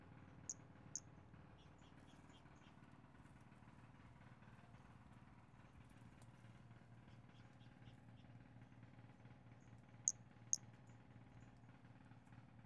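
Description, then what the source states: Pumpkin toadlet calls: two pairs of short, piercing high chirps, one pair at the start and one near the end, with faint high notes and a low hum. Recorded on 5 February 2016.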